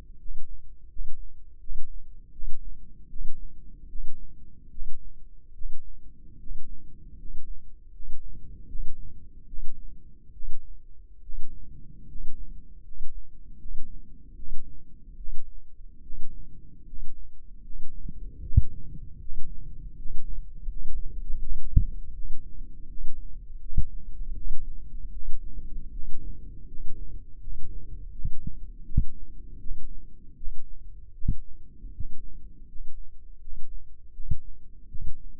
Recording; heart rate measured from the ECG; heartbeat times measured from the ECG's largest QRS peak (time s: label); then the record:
heart sounds by microphone in the left ear; 78 bpm
0.18 s: heartbeat
0.89 s: heartbeat
1.59 s: heartbeat
2.31 s: heartbeat
3.08 s: heartbeat
3.88 s: heartbeat
4.70 s: heartbeat
5.53 s: heartbeat
6.38 s: heartbeat
7.17 s: heartbeat
7.92 s: heartbeat
8.67 s: heartbeat
9.46 s: heartbeat
10.32 s: heartbeat
11.21 s: heartbeat
12.06 s: heartbeat
12.83 s: heartbeat
13.58 s: heartbeat
14.35 s: heartbeat
15.16 s: heartbeat
16.01 s: heartbeat
16.85 s: heartbeat
17.62 s: heartbeat
18.41 s: heartbeat
19.19 s: heartbeat
19.96 s: heartbeat
20.68 s: heartbeat
21.39 s: heartbeat
22.13 s: heartbeat
22.87 s: heartbeat
23.60 s: heartbeat
24.34 s: heartbeat
25.12 s: heartbeat
25.91 s: heartbeat
26.66 s: heartbeat
27.39 s: heartbeat
28.11 s: heartbeat
28.84 s: heartbeat
29.59 s: heartbeat
30.35 s: heartbeat
31.13 s: heartbeat
31.92 s: heartbeat
32.66 s: heartbeat
33.39 s: heartbeat
34.12 s: heartbeat
34.87 s: heartbeat
From the record:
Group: healthy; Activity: rest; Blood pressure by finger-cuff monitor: 121/71 mmHg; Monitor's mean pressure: 81 mmHg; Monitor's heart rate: 78 bpm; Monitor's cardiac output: 7.2 L/min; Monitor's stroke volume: 93 mL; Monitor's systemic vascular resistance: 830 dyn s/cm5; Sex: male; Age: 35 years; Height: 180 cm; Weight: 86.9 kg